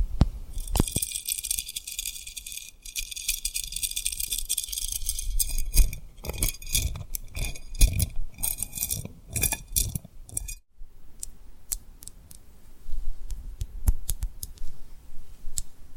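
Tapping and rubbing on a rhinestone surface, a dense run of small clicky, glittery ticks and scratchy strokes. The activity is busiest from about six to ten seconds, breaks off briefly near eleven, then resumes sparser with scattered sharp taps and soft thumps underneath.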